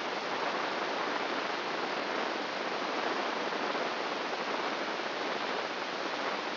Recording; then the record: brain microelectrode recording played as sound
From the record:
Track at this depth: outside the subthalamic nucleus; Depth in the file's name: 8.628 mm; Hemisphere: left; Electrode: 3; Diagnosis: Parkinson's disease